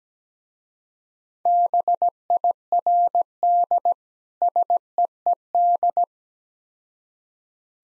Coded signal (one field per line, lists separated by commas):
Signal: Morse code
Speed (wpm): 17 wpm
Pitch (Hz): 700 Hz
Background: none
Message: BIRD SEED